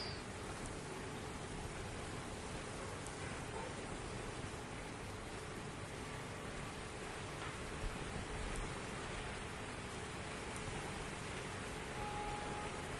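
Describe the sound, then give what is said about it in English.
Steady rain pours down in an even, unbroken hiss across the whole stretch, with no voices and no pauses, a dense wash of falling drops at a constant level. “The rains have heard me.”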